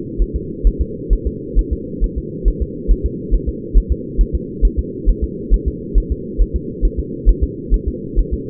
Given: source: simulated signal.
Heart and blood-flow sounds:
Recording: fetal heart sounds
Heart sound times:
0.22 s: S1
0.36 s: S2
0.67 s: S1
0.81 s: S2
1.13 s: S1
1.27 s: S2
1.59 s: S1
1.73 s: S2
2.04 s: S1
2.18 s: S2
2.48 s: S1
2.62 s: S2
2.92 s: S1
3.06 s: S2
3.34 s: S1
3.49 s: S2
3.78 s: S1
3.92 s: S2
4.21 s: S1
4.35 s: S2
4.65 s: S1
4.79 s: S2
5.09 s: S1
5.24 s: S2
5.54 s: S1
5.68 s: S2
5.98 s: S1
6.12 s: S2
6.42 s: S1
6.56 s: S2
6.85 s: S1
6.99 s: S2
7.29 s: S1
7.44 s: S2
7.74 s: S1
7.88 s: S2
8.19 s: S1
8.34 s: S2
From the record:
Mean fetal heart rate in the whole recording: 135 bpm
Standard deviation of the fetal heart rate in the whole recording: 3 bpm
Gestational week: 36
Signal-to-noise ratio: -4.1 dB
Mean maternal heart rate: no maternal heart sound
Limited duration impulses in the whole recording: absent

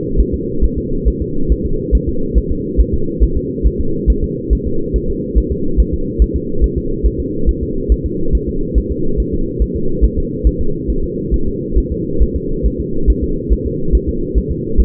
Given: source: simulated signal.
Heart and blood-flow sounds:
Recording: fetal heart sounds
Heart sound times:
0.20 s: S1
0.34 s: S2
0.64 s: S1
0.78 s: S2
1.08 s: S1
1.22 s: S2
1.52 s: S1
1.66 s: S2
1.95 s: S1
2.09 s: S2
2.38 s: S1
2.52 s: S2
2.81 s: S1
2.94 s: S2
3.23 s: S1
3.37 s: S2
3.67 s: S1
3.80 s: S2
4.10 s: S1
4.24 s: S2
4.53 s: S1
4.67 s: S2
4.96 s: S1
5.10 s: S2
5.38 s: S1
5.52 s: S2
5.80 s: S1
5.94 s: S2
6.22 s: S1
6.36 s: S2
6.64 s: S1
6.78 s: S2
7.06 s: S1
7.20 s: S2
7.49 s: S1
7.63 s: S2
7.92 s: S1
8.06 s: S2
8.35 s: S1
8.49 s: S2
8.78 s: S1
8.92 s: S2
9.20 s: S1
9.34 s: S2
9.62 s: S1
9.76 s: S2
10.05 s: S1
10.18 s: S2
10.47 s: S1
10.61 s: S2
10.90 s: S1
11.04 s: S2
11.34 s: S1
11.48 s: S2
11.78 s: S1
11.92 s: S2
12.22 s: S1
12.36 s: S2
12.66 s: S1
12.80 s: S2
13.10 s: S1
13.24 s: S2
13.53 s: S1
13.66 s: S2
13.95 s: S1
14.09 s: S2
14.38 s: S1
14.51 s: S2
14.80 s: S1
From the record:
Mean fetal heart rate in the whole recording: 140 bpm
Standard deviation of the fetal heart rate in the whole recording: 2 bpm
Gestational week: 34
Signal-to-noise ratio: -8.1 dB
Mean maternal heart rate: 72 bpm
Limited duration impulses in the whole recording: absent

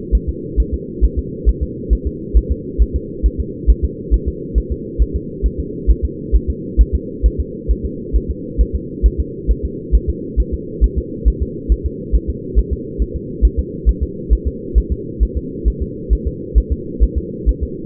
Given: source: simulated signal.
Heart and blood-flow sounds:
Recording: fetal heart sounds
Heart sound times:
0.15 s: S1
0.29 s: S2
0.60 s: S1
0.74 s: S2
1.04 s: S1
1.19 s: S2
1.49 s: S1
1.63 s: S2
1.93 s: S1
2.07 s: S2
2.37 s: S1
2.52 s: S2
2.82 s: S1
2.96 s: S2
3.26 s: S1
3.40 s: S2
3.70 s: S1
3.84 s: S2
4.14 s: S1
4.28 s: S2
4.58 s: S1
4.72 s: S2
5.02 s: S1
5.16 s: S2
5.46 s: S1
5.60 s: S2
5.90 s: S1
6.05 s: S2
6.35 s: S1
6.50 s: S2
6.81 s: S1
6.95 s: S2
7.26 s: S1
7.40 s: S2
7.71 s: S1
7.86 s: S2
8.16 s: S1
8.31 s: S2
8.61 s: S1
8.75 s: S2
9.06 s: S1
9.20 s: S2
9.51 s: S1
9.65 s: S2
9.95 s: S1
10.09 s: S2
10.40 s: S1
10.54 s: S2
10.84 s: S1
10.98 s: S2
11.28 s: S1
11.42 s: S2
11.72 s: S1
11.86 s: S2
12.15 s: S1
12.30 s: S2
12.59 s: S1
12.73 s: S2
13.02 s: S1
13.16 s: S2
13.45 s: S1
13.59 s: S2
13.89 s: S1
14.03 s: S2
14.33 s: S1
14.47 s: S2
14.78 s: S1
14.92 s: S2
15.23 s: S1
15.37 s: S2
15.68 s: S1
15.82 s: S2
16.13 s: S1
16.27 s: S2
16.58 s: S1
16.72 s: S2
17.03 s: S1
17.18 s: S2
17.49 s: S1
17.63 s: S2
From the record:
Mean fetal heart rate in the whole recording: 135 bpm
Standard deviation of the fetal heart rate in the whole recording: 3 bpm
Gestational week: 34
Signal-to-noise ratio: -4.1 dB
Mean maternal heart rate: no maternal heart sound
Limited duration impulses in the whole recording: absent

